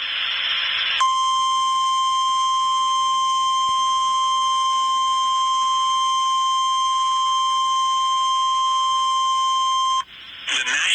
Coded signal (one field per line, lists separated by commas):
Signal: Emergency Alert System (SAME) tones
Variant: 1050 Hz attention tone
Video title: EAS Tornado Watch #667 Oklahoma and Arkansas on 2 NOAA Weather Radio Stations from the NWS Tulsa, OK